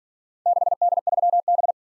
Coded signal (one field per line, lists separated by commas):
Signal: Morse code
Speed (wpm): 47 wpm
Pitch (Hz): 700 Hz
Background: none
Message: 6D3B